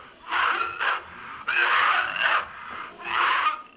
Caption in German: Ein Kurzfilm, Der Mann, der hustet, von 1969. Der Mann sitzt mit dem Rücken zur Wand in einem Zimmer. Das Husten könnte plötzlich auch ein Würgen sein, ein sich übergeben oder doch ein Husten.